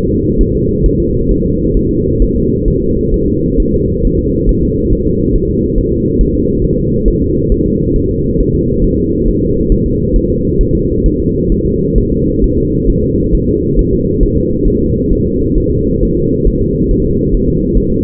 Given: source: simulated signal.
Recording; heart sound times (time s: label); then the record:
fetal heart sounds
0.09 s: S2
0.41 s: S1
0.55 s: S2
0.86 s: S1
1.00 s: S2
1.31 s: S1
1.45 s: S2
1.77 s: S1
1.91 s: S2
2.22 s: S1
2.36 s: S2
2.68 s: S1
2.82 s: S2
3.14 s: S1
3.28 s: S2
3.60 s: S1
3.74 s: S2
4.05 s: S1
4.19 s: S2
4.49 s: S1
4.63 s: S2
4.93 s: S1
5.07 s: S2
5.36 s: S1
5.50 s: S2
5.78 s: S1
5.92 s: S2
6.21 s: S1
6.35 s: S2
6.64 s: S1
6.79 s: S2
7.08 s: S1
7.22 s: S2
7.52 s: S1
7.66 s: S2
7.96 s: S1
8.10 s: S2
8.40 s: S1
8.55 s: S2
8.84 s: S1
8.98 s: S2
9.28 s: S1
9.42 s: S2
9.72 s: S1
9.86 s: S2
10.16 s: S1
10.30 s: S2
10.61 s: S1
10.75 s: S2
11.06 s: S1
11.20 s: S2
11.52 s: S1
11.66 s: S2
11.98 s: S1
12.12 s: S2
12.44 s: S1
12.58 s: S2
12.90 s: S1
13.04 s: S2
13.34 s: S1
13.49 s: S2
13.79 s: S1
13.93 s: S2
14.23 s: S1
14.37 s: S2
14.68 s: S1
14.82 s: S2
15.13 s: S1
15.27 s: S2
15.58 s: S1
15.72 s: S2
16.03 s: S1
16.17 s: S2
16.47 s: S1
16.62 s: S2
16.91 s: S1
17.05 s: S2
17.35 s: S1
17.49 s: S2
17.77 s: S1
17.92 s: S2
From the record:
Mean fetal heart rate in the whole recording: 135 bpm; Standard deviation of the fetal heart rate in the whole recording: 3 bpm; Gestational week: 36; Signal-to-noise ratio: -10.2 dB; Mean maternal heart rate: 72 bpm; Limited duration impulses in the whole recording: present